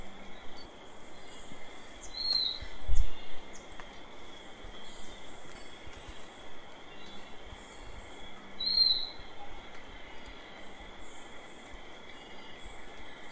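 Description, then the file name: Hooded antpitta giving two clipped high-pitched whistles about six and a half seconds apart, with insects droning throughout and occasional low rumbles. "Grallaricula cucullata"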